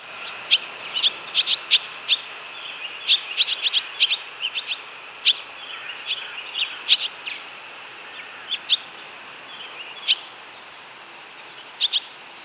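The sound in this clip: Swallow giving sharp, high, very short chirping notes, scattered singly and in quick bursts across the recording, with a steady hiss behind.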